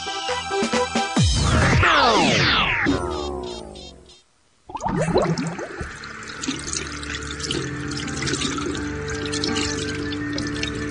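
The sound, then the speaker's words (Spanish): Sweeping electronic tones rise and fall, then a short silence gives way to steady running tap water splashing over hands being washed with water and soap, with a faint tonal hum underneath. “Lavarse las manos con agua y jabón, hervir el agua, lavar las frutas y verduras y cocinar bien los alimentos son medidas higiénicas de ayer, de hoy y de siempre.”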